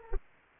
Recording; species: mosquito wingbeat signal from an infrared sensor; Aedes aegypti